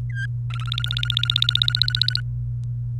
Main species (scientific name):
Serinus canaria